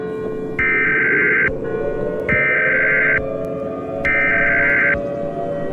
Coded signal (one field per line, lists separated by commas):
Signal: Emergency Alert System (SAME) tones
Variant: header bursts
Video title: EAS Scenario #7 Asteroid Event